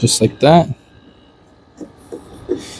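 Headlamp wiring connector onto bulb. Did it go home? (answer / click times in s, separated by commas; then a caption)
yes / 2.5 s. A plastic headlamp wiring connector is pushed onto the bulb while replacing the headlamps on a 2016 Dodge Journey. Someone talks at the start, then a few faint handling taps follow. The connector clicks in and is seated at 2.5 s.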